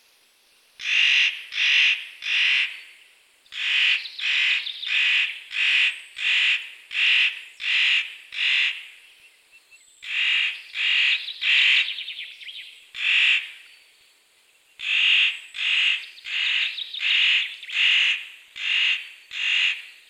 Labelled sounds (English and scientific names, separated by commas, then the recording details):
Spotted Nutcracker (Nucifraga caryocatactes) song
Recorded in the wild
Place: Kandel /Schwarzwald; Waldkirch, Baden-Württemberg, DE
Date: 1983-03-12
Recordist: Schwarz, Dieter